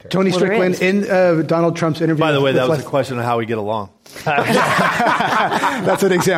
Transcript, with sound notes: Tony Strickland, in Donald Trump’s interview –
By the way, that was the question on how we get along.
[Laughter]
That’s an example.